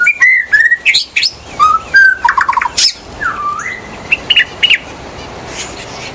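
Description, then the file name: White-rumped shama song, a rich run of clear whistles, slurred notes and quick trilled bursts, varied phrases with short pauses between, over steady background hiss. In the forest. "murai batu di hutan"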